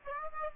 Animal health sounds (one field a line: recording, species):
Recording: mosquito wingbeat signal from an infrared sensor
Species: Aedes aegypti